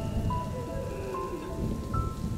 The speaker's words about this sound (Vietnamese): Đột nhiên vang lên một tiếng sét đánh ngang trời. Cơn mưa xối xả trên mái tôn vang lên đợp đợp. Tiếng động ồn ả đó lấn át hết tiếng khóc của người thân bên trong căn nhà.